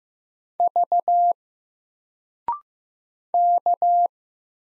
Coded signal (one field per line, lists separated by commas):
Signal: Morse code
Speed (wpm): 15 wpm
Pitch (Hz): 700 Hz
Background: none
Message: V K